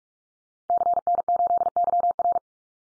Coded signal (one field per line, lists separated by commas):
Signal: Morse code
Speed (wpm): 44 wpm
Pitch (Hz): 700 Hz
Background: none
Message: CN8YR